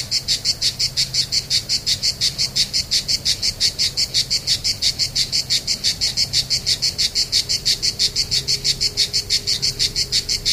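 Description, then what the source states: Cicada singing a rapid, even train of harsh buzzy pulses, continuing unchanged for the whole stretch, with a weak steady low tone behind. Cicadas on 3 September 2009.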